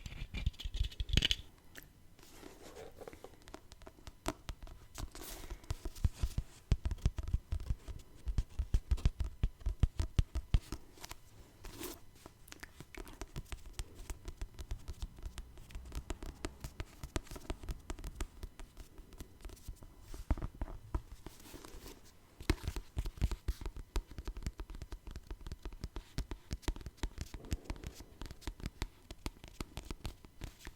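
Tapping with no talking, made of many quick, dense taps and light scratches that run almost without pause for the whole half minute. The hits are sharp and crisp, with a soft low thud beneath, and they cluster more heavily near the start and around twenty seconds.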